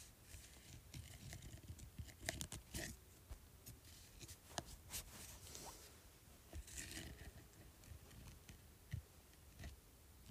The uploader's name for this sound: Scratching Bumpy Surface